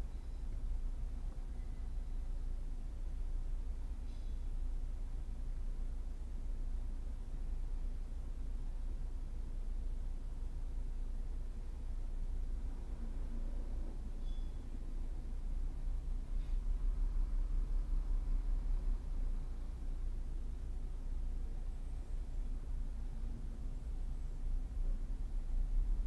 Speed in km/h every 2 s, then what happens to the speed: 0, 0, 0, 0, 0, 0, 0, 0, 0, 0, 0, 0, 0.
0-26 standing.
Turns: none.